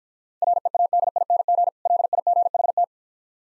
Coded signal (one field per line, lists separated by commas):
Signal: Morse code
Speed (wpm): 54 wpm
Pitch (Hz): 700 Hz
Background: none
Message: READING LIGHT